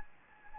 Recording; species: mosquito wingbeat signal from an infrared sensor; Anopheles gambiae